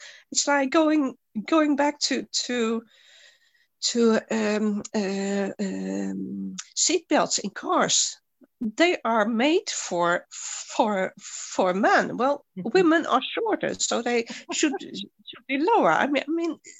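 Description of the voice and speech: An adult woman's speech with stuttering: repeated words and syllables, stretched sounds, and long blocked pauses. She has a stutter that she now shows openly rather than hiding it, and it worsens when she is tired.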